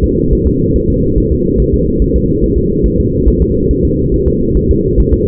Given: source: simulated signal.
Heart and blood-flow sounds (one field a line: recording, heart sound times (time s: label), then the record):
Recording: fetal heart sounds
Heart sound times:
0.04 s: S2
0.33 s: S1
0.47 s: S2
0.76 s: S1
0.90 s: S2
1.18 s: S1
1.32 s: S2
1.60 s: S1
1.74 s: S2
2.02 s: S1
2.16 s: S2
2.44 s: S1
2.58 s: S2
2.86 s: S1
3.00 s: S2
3.28 s: S1
3.42 s: S2
3.71 s: S1
3.85 s: S2
4.14 s: S1
4.28 s: S2
4.57 s: S1
4.71 s: S2
5.00 s: S1
5.14 s: S2
From the record:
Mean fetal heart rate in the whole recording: 140 bpm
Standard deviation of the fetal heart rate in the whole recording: 2 bpm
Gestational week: 34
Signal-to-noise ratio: -14.7 dB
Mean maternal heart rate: 72 bpm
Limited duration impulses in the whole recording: present